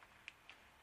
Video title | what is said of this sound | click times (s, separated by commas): HD Adaptador Caddy Sata Install | the tabs to the front of the the caddy then they just pop into place here we go | 0.3 s, 0.5 s